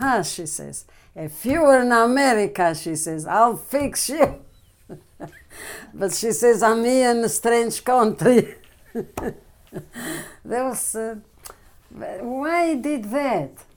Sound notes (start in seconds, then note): 4.6 chuckles; 8.8 chuckles